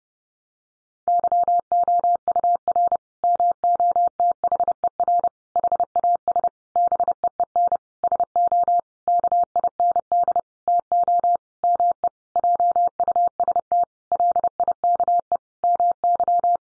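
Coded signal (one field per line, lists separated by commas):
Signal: Morse code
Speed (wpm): 30 wpm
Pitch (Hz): 700 Hz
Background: none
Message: YOUR MOTHER HAS BEEN SO KIND TO ME JUST LIKE MY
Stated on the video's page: Practice sentences from the top 1200 words sent at 30 wpm for head-copy, each sent twice.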